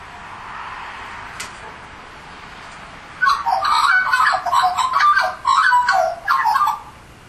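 Australian magpie bursts into a loud, yodelling warble after a few quiet seconds, the mellow notes tumbling in several connected runs.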